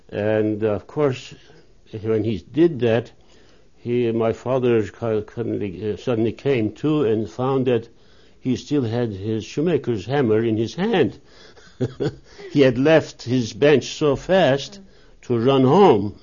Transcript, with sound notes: And, of course, when he did that he and my father suddenly came to and found that he still had his shoemaker's hammer in his hand. ( she laughs ) He had left his bench so fast to run home,